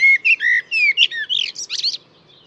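Bird song: a rapid two-second phrase of clear whistled notes, slurred downward and upward sweeps, ending in a jumble of quick buzzy chirps, then near silence.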